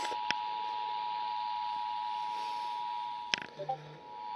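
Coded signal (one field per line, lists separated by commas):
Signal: Emergency Alert System (SAME) tones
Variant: 853 and 960 Hz attention tone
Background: speech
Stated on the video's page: EAS tests received from multiple monitoring stations.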